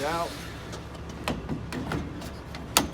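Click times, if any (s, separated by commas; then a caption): 2.8 s. On the exterior of a 2017 Fuzion RV, a swing-out bar is slid out and pushed into its notch in the mount while someone talks, with a few lighter knocks and taps along the way. A loud, sharp click at 2.8 s is the latch as the bracket seats in its notch.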